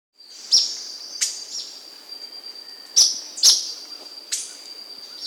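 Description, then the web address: Fulvous-breasted flatbill giving sharp, very high, brief chip notes at irregular intervals, five in all, over a steady high insect-like whine. Andean bird of South America. "S America Andean Birds. Fulvous-Breasted Flatbill (Rhynchocyclus Fulvipectus)"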